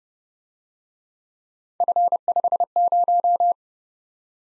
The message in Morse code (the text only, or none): F50